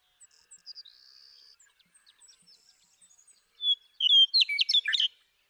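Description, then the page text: Western meadowlark: thin, faint whistles at first, then one loud, fluty phrase breaking into quick warbled, gurgling notes. One male, nicknamed Bird 1, singing in Sierra Valley, eastern California, during 2018. "The joy of western meadowlark songs. Sierra Valley in eastern California where, during 2018. One male (call him Bird 1)"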